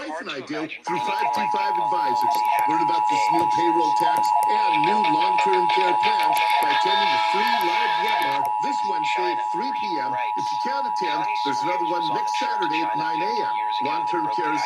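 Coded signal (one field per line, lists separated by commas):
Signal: Emergency Alert System (SAME) tones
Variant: 853 and 960 Hz attention tone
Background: speech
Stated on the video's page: Real required monthly test, received across AM and FM broadcast stations, the Washington State EOC EAS Relay Network on 155.475 MHz and NOAA Weather Radio on 162.550, 162.425 and 162.475 MHz.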